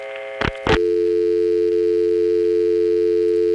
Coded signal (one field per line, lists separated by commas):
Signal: telephone call progress tone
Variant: North America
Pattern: dial tone